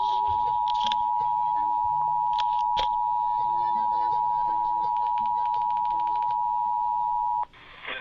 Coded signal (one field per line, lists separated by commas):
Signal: Emergency Alert System (SAME) tones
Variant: 853 and 960 Hz attention tone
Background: music